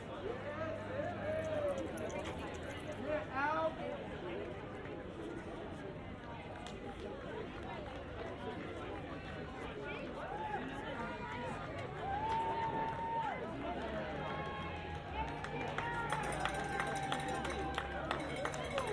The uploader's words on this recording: An eleven minute binaural recording from the finish line of the Sleepy Hallow Halloween 10k.